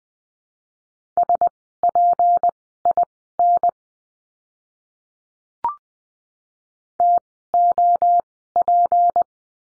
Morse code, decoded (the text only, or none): SPIN TOP